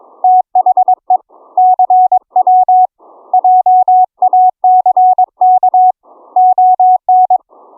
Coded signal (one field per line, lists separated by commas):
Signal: Morse code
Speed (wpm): 22 wpm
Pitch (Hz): 740 Hz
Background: none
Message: THE CW JACK ON